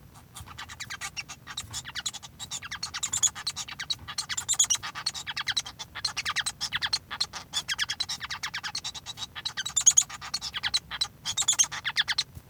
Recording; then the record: song of a male Bengalese finch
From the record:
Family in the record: son of father 1